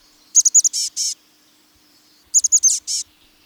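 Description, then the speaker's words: Chestnut-backed Chickadee calls: two bursts of high, thin notes, a few quick sharp chips followed by two buzzy, hoarse notes, repeated about two seconds apart. Resplendent brown chickadee; lives in the Pacific Northwest. "A chickadee of resplendent brown, the chestnut-backed chickadee, calls the Pacific Northwest home."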